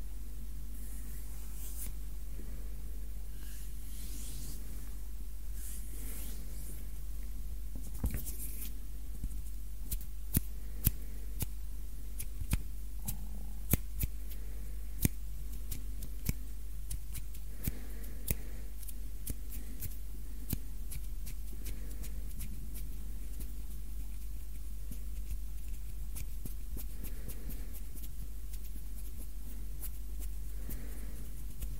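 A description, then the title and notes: Hand sounds: soft rubbing and brushing over a steady low hum, punctuated by sharp clicks and taps. The taps come irregularly throughout, clustering most thickly between about eight and seventeen seconds, then thinning to occasional snaps. ASMR HAND SOUNDS, INTENSE HAND SOUNDS, ASMR HAND MOVEMENTS.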